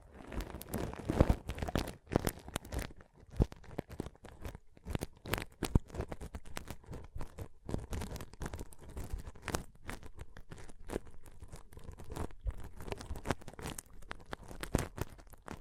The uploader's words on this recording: ASMR Ultimate Pom Pom Tingles (No Talking).